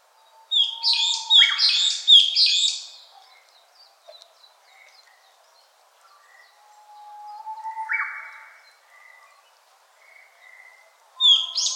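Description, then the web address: Brown-eared bulbul giving loud, shrill, harsh repeated notes in a burst over about two seconds, then softer scattered calls and another shrill burst at the end. Recorded on 23 April 2014. "birdenaga hiyodori"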